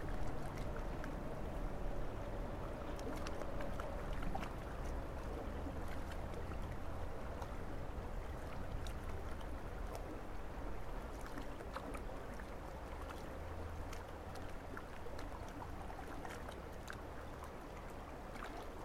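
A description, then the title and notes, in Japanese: Carrots are washed at a spring-water washing spot, with water running and splashing steadily throughout. Frequent short knocks and clatters come as the carrots are handled, over a low, constant rumble and a faint hum in the background. 今日もいつもの湧水洗い場で、収穫した人参を洗っています。日差しは春めいてきましたが、空気はまだ冷たい(昼間7度、最低−6度)。静かで穏やかな日。湧水で人参洗い。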